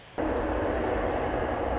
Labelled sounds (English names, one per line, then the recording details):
Pacific Wren
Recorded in Sonoma County, California